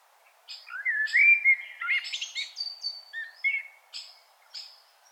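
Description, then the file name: Common blackbird singing: a flowing whistled warble that climbs, then breaks into thin high twitters and short squeaky notes. "Turdus merula"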